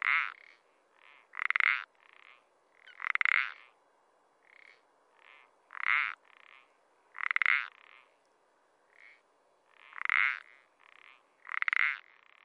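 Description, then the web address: Common parsley frog: loud croaks at irregular intervals, with quieter croaks between them. Recorded in France. "AMPHIBIANS-IN-FRANCE Parsley frog"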